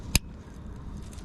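On a 2011 Mustang, a wiring harness connector is pushed onto the plug of a newly replaced alternator until it latches. A single sharp, short snap sounds at 0.2 s, followed by low, steady background noise. The connector is seated.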